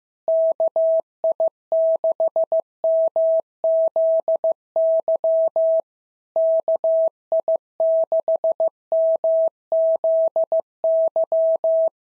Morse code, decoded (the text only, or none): KI6MZY KI6MZY